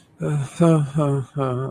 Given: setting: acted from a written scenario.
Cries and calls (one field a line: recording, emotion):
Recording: vocal sound without words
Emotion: embarrassment